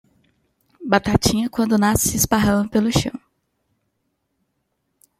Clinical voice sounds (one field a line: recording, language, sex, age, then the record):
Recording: short text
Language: Brazilian Portuguese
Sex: female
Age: 20 to 29 years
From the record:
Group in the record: control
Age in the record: 21 years